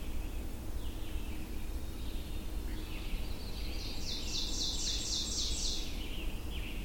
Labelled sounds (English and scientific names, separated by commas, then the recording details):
Ovenbird (Seiurus aurocapilla) song
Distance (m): 35 m
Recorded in boreal forest in Alberta, Canada, on 22 June 2016 at 07:45
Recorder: SongMeter 3, array SBT-6-76
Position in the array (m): 150 m, 115 m
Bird 3